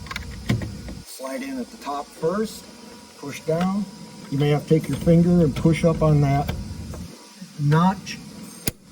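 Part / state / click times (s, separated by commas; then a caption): expansion valve controller module into refrigerated dryer housing / seated / 8.7 s. A new electronic expansion valve controller module is slid in at the top of a BEKO DRYPOINT RA refrigerated dryer housing, pushed down, then pushed up at the notch while someone talks. It snaps into its mount with a sharp click at 8.7 s, seated and secure.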